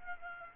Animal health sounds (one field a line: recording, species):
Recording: mosquito wingbeat signal from an infrared sensor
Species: Aedes aegypti